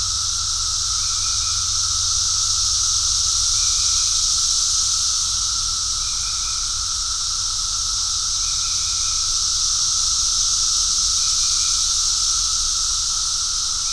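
Cicadas in a sustained shrill hissing chorus, with faint brief tonal notes recurring every few seconds and a low hum below.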